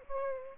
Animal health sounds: mosquito wingbeat signal from an infrared sensor; Aedes aegypti

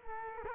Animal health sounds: mosquito wingbeat signal from an infrared sensor; Culex quinquefasciatus

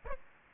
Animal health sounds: mosquito wingbeat signal from an infrared sensor; Aedes aegypti

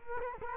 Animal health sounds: mosquito wingbeat signal from an infrared sensor; Culex quinquefasciatus

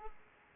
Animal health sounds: mosquito wingbeat signal from an infrared sensor; Aedes aegypti

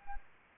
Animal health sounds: mosquito wingbeat signal from an infrared sensor; Anopheles gambiae

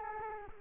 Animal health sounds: mosquito wingbeat signal from an infrared sensor; Culex quinquefasciatus

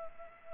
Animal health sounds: mosquito wingbeat signal from an infrared sensor; Culex pipiens

